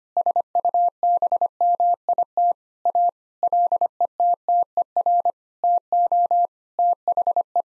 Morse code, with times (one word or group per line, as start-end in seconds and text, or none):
0.2-2.5 SUBMIT
2.9-3.1 A
3.4-5.3 LETTER
5.6-6.5 TO
6.8-7.6 THE